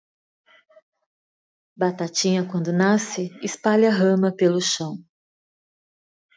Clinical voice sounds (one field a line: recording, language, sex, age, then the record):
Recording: short text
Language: Brazilian Portuguese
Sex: female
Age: 50 to 59 years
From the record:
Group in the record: control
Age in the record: 53 years